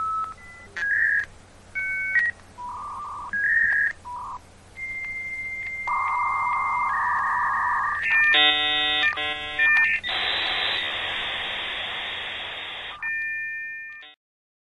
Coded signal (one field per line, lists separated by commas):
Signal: dial-up modem handshake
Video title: Modem Sound Effect 1